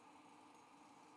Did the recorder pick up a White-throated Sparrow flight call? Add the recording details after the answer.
no. No flight call is heard. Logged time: 06:00 on 5 December 2014